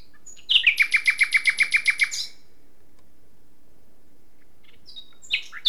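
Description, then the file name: Common nightingale song: a fast series of evenly repeated notes, then a pause before another phrase begins. "Luscinia megarhynchos"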